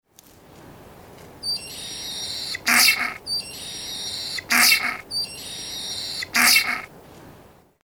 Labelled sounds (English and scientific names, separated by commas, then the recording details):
Whistling Heron (Syrigma sibilatrix)
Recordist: Tembrock, Günter
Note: Doppellaut